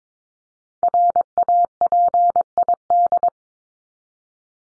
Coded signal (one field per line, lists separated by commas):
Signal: Morse code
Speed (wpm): 22 wpm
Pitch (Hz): 700 Hz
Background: none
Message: RAPID